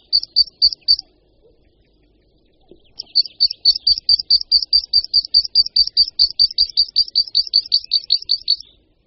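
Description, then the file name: Meadow pipit song: a short burst of high repeated notes, a two-second pause, then a long fast series of thin notes. "Linduška luční"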